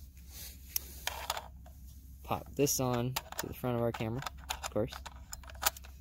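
A metal T-ring with its adapter is handled at the bayonet lens mount on the front of a DSLR camera body, producing short sharp metallic ticks and taps while someone talks. Nothing has seated or clicked yet; the clip ends just before the T-ring locks onto the mount.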